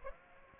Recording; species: mosquito wingbeat signal from an infrared sensor; Aedes aegypti